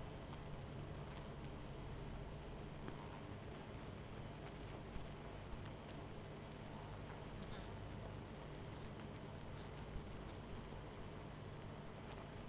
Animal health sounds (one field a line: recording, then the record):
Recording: honeybee colony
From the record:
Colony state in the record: missing queen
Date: 14 July 2017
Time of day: 21:09